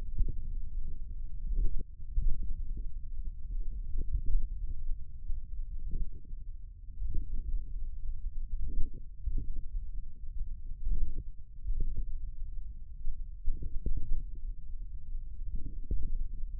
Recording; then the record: forearm muscle sounds (acoustic myography)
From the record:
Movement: finger pinch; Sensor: system 1, eight BSWA MPA416 microphones around the upper forearm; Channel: 5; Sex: male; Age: 41 years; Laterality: right